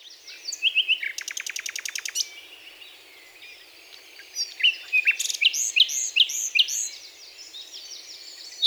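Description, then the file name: Common nightingale song: a few high notes, then a fast, even rattle of clicking notes, a pause, and a quick series of clear, slurred whistles. "Luscinia megarhynchos"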